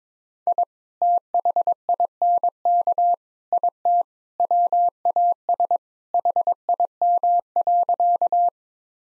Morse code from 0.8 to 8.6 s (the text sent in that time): THINK IT WAS HIM.